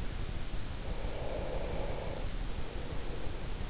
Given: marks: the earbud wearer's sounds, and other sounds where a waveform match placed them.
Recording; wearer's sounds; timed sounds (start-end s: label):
sounds in sleep by an in-ear microphone; breath
0.48-3.58 s: breath